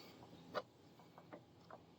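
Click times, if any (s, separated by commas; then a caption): 1.3 s, 1.7 s. A newly made replica cigarette lighter knob is pushed into the empty cigarette lighter socket in a car's dashboard. Small ticking clicks are heard as it seats at about 1.3 s and 1.7 s. The knob pops into the socket and seats.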